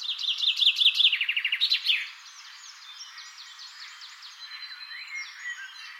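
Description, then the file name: Common chaffinch sings one rattling, descending trill with an accented flourish at the end, followed by a soft background chorus of other small birds twittering. "Fringilla coelebs"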